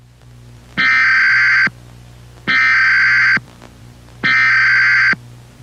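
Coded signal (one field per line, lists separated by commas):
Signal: Emergency Alert System (SAME) tones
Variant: header bursts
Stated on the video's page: Fictional Emergency Alert System scenario about humanity's past transmissions coming back.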